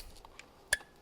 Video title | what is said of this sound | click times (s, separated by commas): MMI Prime Apple CarPlay / BMW F10 535i | Boom. You hear that nice little click. | 0.7 s